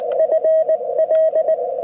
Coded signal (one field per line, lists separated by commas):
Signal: Morse code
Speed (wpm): 19 wpm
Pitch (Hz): 1900 Hz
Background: radio noise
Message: FL